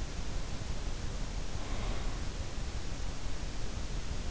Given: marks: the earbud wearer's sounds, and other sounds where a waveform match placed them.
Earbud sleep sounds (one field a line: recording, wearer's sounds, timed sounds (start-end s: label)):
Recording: sounds in sleep by an in-ear microphone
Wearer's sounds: breath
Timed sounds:
0.99-2.60 s: breath